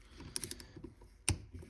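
An inch-pound torque wrench tightens a bolt on a duplex pump motor adapter, with a few light ticks between about 0.4 and 0.6 s. At 1.3 s the wrench gives a sharp click as it reaches its set torque value.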